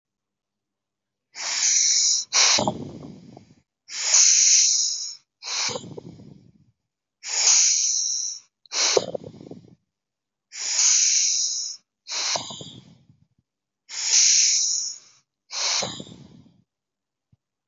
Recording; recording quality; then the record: deep breathing; excellent, no background noise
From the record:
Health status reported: healthy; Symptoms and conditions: none ticked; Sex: male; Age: 33 years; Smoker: not ticked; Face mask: not worn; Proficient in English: yes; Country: India